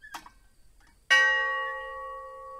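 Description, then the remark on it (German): A memorial bell atop a brick chimney, all that remains of a wooden house in the massacre memorial village of Khatyn in Belarus, is struck once. Its bright clang settles into a long, steady ring of layered tones that slowly fades, after a faint, short clink just before. “Glocken an ihrer Spitze läuten permanent.”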